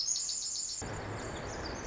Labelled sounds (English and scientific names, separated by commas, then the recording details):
Pacific Wren (Troglodytes pacificus)
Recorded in Sonoma County, California